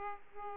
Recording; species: mosquito wingbeat signal from an infrared sensor; Aedes aegypti